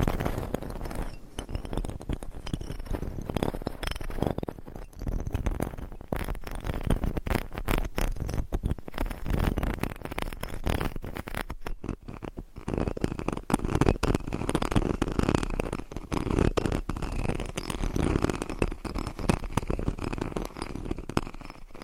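Fingernails scratch across a microphone in a dense, unbroken stream of rough rasping strokes, with no pauses over the whole stretch. The scratching is mostly low and gritty, with brief sharper scrapes throughout, and grows slightly fuller and coarser after about twelve seconds.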